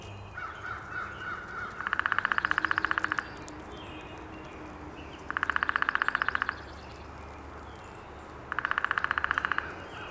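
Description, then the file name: Downy woodpecker drumming: three rapid, even rolls, each about a second long and roughly two seconds apart, with faint whistled notes from another bird at the start. Recorded on 19 April 2019. "2019-04-19 Downy Woodpecker"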